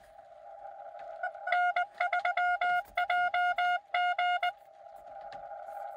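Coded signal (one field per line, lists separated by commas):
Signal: Morse code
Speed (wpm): 20 wpm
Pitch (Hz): 2150 Hz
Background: music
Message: N3JG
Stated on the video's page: Cootie (sideswiper) keyed POTA activation in rain, Xiegu X6100 at 5 watts into 20M and 40M hamsticks; park-to-park contacts included.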